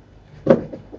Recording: background sound without coughing